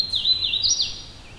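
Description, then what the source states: American Robin: a loud, high series of warbling notes that dip and rise in pitch, followed by softer notes. Urban background noise at the recording location; the bird flew across and came closer during recording.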